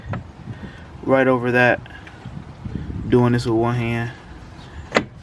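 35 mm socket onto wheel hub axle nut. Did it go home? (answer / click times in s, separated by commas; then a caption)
yes / 5.0 s. A 35 mm steel socket is slid one-handed over the axle nut on the wheel hub of a 2007 Chevy Impala during a hub bearing replacement, while someone talks. It goes on with a sharp metallic hit at 5.0 s and is locked into place.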